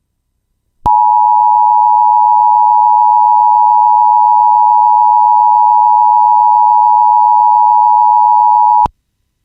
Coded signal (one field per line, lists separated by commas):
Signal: Emergency Alert System (SAME) tones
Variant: 853 and 960 Hz attention tone